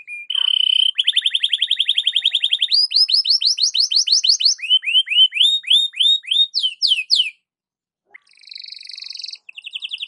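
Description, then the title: Belgian canary song of a long fast trill, then chains of rising whistled notes, a short break and a buzzy roll. Belgian canary song used in the morning for warming up birds and for masteran (tutoring other birds). "Canto Para Esquentar Canário Belga. SUARA BURUNG KENARI DI PAGI HARI COCOK BUAT MASTERAN"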